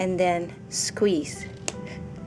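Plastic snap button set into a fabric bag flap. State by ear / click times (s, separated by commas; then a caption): seated / 1.7 s. A plastic snap button is set into the fabric flap of a small crossbody bag, its two halves squeezed together through the fabric with snap pliers. Someone talks over background music, then a single sharp click at 1.7 s shows the snap has seated.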